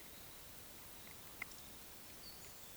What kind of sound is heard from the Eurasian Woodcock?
whistle, croak